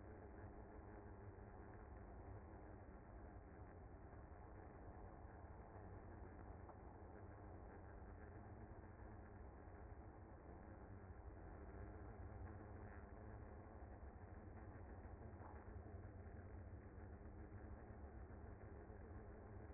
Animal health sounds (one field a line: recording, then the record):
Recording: honeybee colony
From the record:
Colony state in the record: active